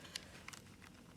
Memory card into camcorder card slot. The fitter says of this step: like this, and you will hear the click like this.